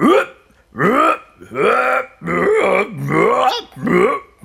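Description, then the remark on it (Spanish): A voice imitates a toad singing with six loud, croaky, belch-like calls in an uneven rhythm, each one rising in pitch and ending in a strained warble. “Pero no aguantó más y empezó también a cantar él.”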